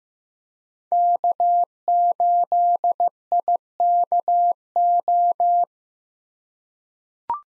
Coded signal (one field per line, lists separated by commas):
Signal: Morse code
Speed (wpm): 16 wpm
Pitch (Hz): 700 Hz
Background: none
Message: K8IKO